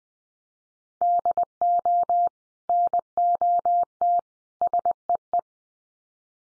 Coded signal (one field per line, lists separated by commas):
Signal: Morse code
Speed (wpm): 20 wpm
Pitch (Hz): 700 Hz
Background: none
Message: DO NOT SEE